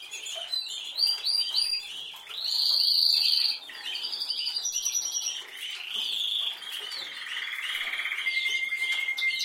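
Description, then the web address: Canary song mixing short chattering notes, a loud sustained whistle, buzzy rolls and fast trills, ending on a long flat whistled note. "Golchin Best Canari Seda Canari. Niyaz Music)"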